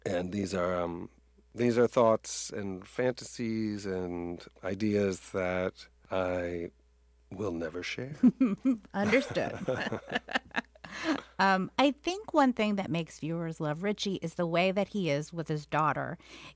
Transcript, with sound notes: And these are thoughts and fantasies and ideas that I will never share.
Understood.
(LAUGHTER)
I think one thing that makes viewers love Richie is the way that he is with his daughter.